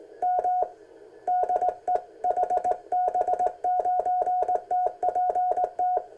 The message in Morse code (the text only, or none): M DE HB9TPT